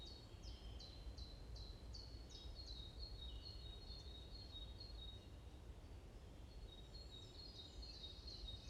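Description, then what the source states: Bird chirping: a quick series of short high notes, then a thin even trill, later more chirps, over constant low-pitched background noise. Morning birds chirping in a forest at Bosvoorde, Watermaal-Bosvoorde, Brussels, Belgium; described as peaceful ('rust'); recorded with an AMBE VR microphone.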